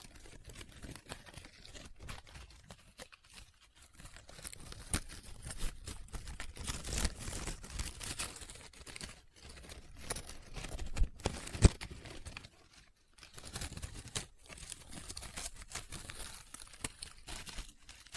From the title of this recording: Close Up Paper Sounds - Folding, Scratching, Rubbing, Crinkle